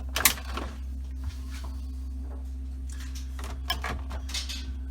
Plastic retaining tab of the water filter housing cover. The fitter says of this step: You'll hear them click as they release.